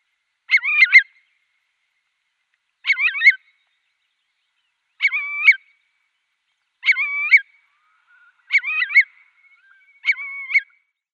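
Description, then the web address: Eurasian curlew calls in short, doubled whistled bursts, about every two seconds, six times, against a quiet background. "Schulze Peter Eurasian Curlew calls"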